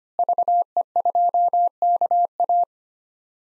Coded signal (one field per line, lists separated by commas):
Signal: Morse code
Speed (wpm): 25 wpm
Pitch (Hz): 700 Hz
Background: none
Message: VE2KA